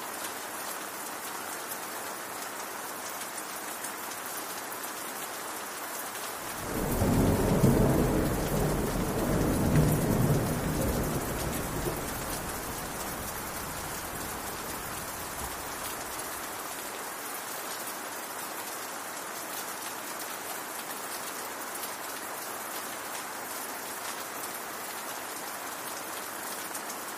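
Steady rain falls throughout, a dense, even hiss of drops on hard surfaces. From about six to twelve seconds a deep roll of thunder swells up beneath it, then fades away by around seventeen seconds, leaving the rain alone again.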